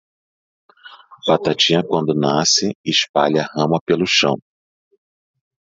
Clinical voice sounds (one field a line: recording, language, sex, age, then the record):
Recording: short text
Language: Brazilian Portuguese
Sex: male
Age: 40 to 49 years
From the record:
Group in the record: control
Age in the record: 46 years